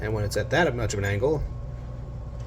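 A pinball drop target on a JJP Sonic the Hedgehog machine is being handled with its bottom mechanism tilted at a different angle, with the goal of getting the target to raise and latch into position. Someone talks over a steady low hum and faint background noise. Nothing has seated or clicked yet.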